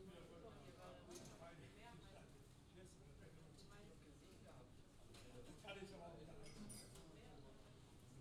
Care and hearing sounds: everyday scene through a hearing-aid microphone; many people talking; many voices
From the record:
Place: university cafeteria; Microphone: in the ear canal, left

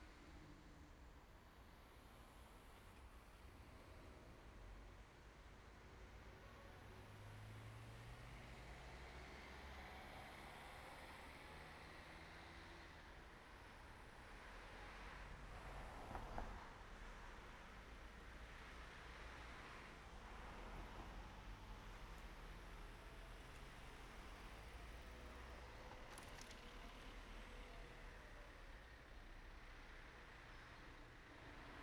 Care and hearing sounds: everyday scene through a hearing-aid microphone; in traffic; traffic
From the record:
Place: main road on the outskirts, rush hour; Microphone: behind the ear, right, rear

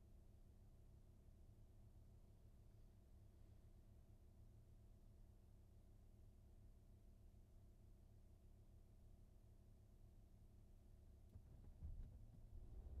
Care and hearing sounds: everyday scene through a hearing-aid microphone; in a vehicle; engine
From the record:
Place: VW T5 Caravelle, diesel engine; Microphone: behind the ear, right, rear

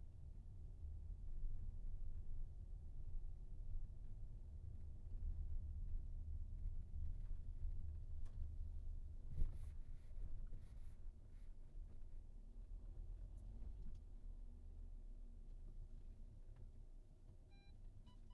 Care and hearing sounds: everyday scene through a hearing-aid microphone; in a vehicle; engine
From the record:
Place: VW T5 Caravelle, diesel engine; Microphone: behind the ear, right, front

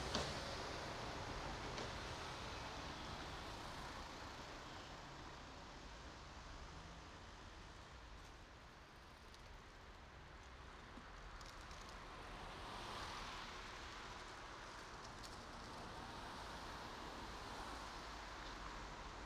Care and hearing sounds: everyday scene through a hearing-aid microphone; in traffic; traffic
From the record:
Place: main road on the outskirts, rush hour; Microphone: in the ear canal, right

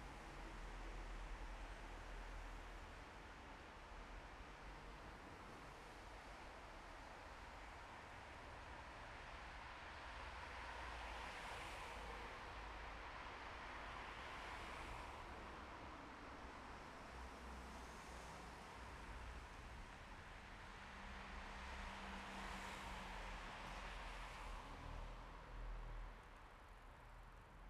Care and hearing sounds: everyday scene through a hearing-aid microphone; in traffic; traffic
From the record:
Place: bus stop on a city main road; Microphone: behind the ear, left, front

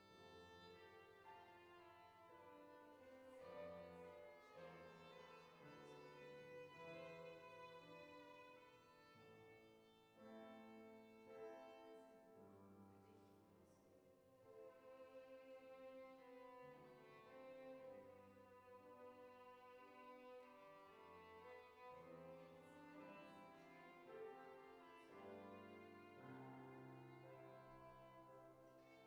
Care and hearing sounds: everyday scene through a hearing-aid microphone; reverberant space; music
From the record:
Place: church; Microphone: behind the ear, right, rear

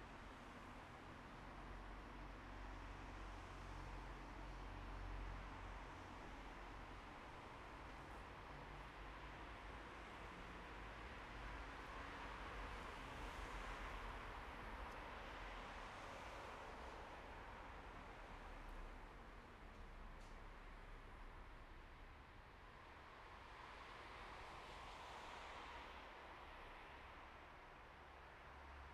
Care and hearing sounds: everyday scene through a hearing-aid microphone; in traffic; traffic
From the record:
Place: bus stop on a city main road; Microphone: behind the ear, right, rear

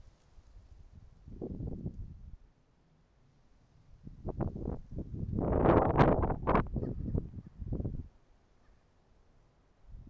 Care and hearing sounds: everyday scene through a hearing-aid microphone; wind on the microphone; wind, traffic, birds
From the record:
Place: suburban garden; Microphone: behind the ear, right, rear

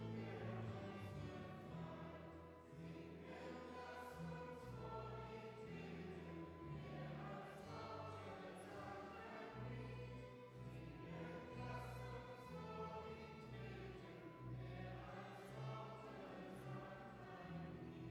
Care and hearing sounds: everyday scene through a hearing-aid microphone; reverberant space; music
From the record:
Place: church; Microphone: behind the ear, left, front

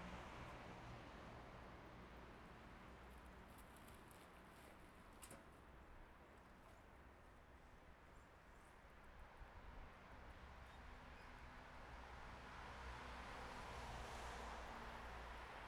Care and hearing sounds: everyday scene through a hearing-aid microphone; in traffic; traffic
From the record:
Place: bus stop on a city main road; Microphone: behind the ear, right, rear

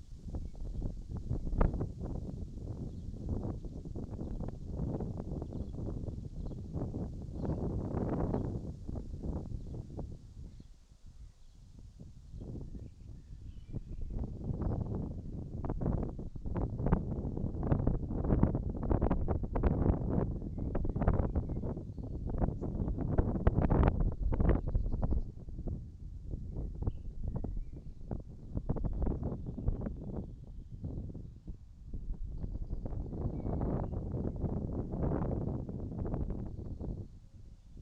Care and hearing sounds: everyday scene through a hearing-aid microphone; wind on the microphone; wind, birds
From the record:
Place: in front of a rural house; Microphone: in the ear canal, right

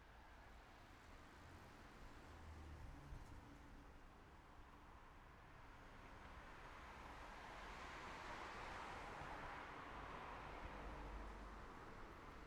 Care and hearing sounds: everyday scene through a hearing-aid microphone; in traffic; traffic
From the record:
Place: city secondary road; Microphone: behind the ear, right, front

